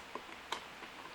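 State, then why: Not seated. The water tube is pushed back into the water tank of a MOVA Z60 Ultra robot vacuum base station. Two small ticks are heard at about 0.2 s and 0.5 s over a quiet background. The tube has not seated or clicked into place yet and is not properly inserted.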